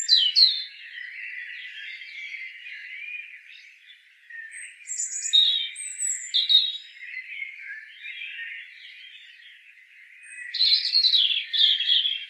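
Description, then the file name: European robin singing varied phrases of high thin notes and rapid twittering trills, some sliding downward, a few seconds apart, against a constant background hum of birdsong. "Erithacus rubecula"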